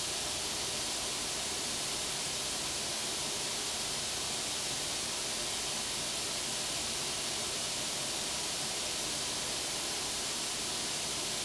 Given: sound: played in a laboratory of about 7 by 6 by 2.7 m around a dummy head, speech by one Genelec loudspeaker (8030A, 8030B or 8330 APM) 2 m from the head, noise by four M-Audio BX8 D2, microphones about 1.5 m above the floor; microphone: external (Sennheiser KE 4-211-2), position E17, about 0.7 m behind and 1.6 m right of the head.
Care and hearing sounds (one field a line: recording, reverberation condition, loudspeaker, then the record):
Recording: white noise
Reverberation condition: medium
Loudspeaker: four, about 170 cm from the corners of the room and facing them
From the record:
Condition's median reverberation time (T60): about 510 ms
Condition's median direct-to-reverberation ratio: about -0.5 dB